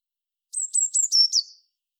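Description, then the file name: Eurasian blue tit gives a single high series of four or five thin descending notes ending in a lower buzzy churr. "Cyanistes caeruleus"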